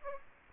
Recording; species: mosquito wingbeat signal from an infrared sensor; Aedes aegypti